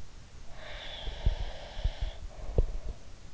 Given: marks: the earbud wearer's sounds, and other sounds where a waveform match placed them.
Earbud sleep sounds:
sounds in sleep by an in-ear microphone; breath
0.55-3.08 s: breath
1.04-3.34 s: sound from someone else or the room

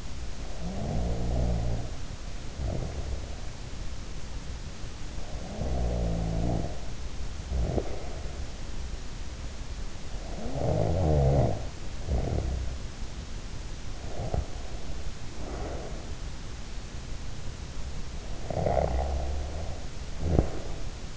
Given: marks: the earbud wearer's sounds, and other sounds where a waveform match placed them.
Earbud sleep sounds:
sounds in sleep by an in-ear microphone; snoring breath, breath
0.00-3.64 s: snoring breath
5.26-8.19 s: snoring breath
10.00-12.99 s: snoring breath
13.70-16.24 s: breath
18.12-21.17 s: snoring breath

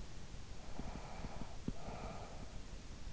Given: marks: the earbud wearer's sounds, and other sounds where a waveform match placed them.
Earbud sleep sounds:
sounds in sleep by an in-ear microphone; breath
0.07-3.09 s: breath

